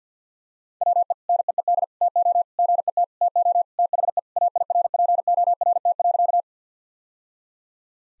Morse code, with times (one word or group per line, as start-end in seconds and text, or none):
0.8-1.1 WE
1.3-1.8 NEED
2.0-2.4 TO
2.6-3.0 GET
3.2-3.6 TO
3.8-4.2 THE
4.4-6.4 AIRPORT.